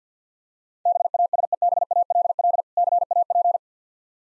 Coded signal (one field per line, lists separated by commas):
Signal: Morse code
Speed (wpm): 50 wpm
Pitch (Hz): 700 Hz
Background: none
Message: BASEBALL CAP